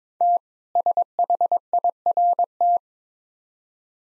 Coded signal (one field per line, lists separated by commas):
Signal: Morse code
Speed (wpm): 22 wpm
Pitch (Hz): 700 Hz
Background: none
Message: T SHIRT